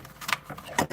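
The red lock lever handle on the electrical connector of a Pride diesel car's fuel filter housing is lifted all the way during a fuel filter cartridge change, levering the plastic connector up so it can be unplugged. The lever feels as if it will break as it rises. Sharp clicks at 0.3 s and 0.8 s are heard against faint handling noise, and the lever clicks open, releasing the connector.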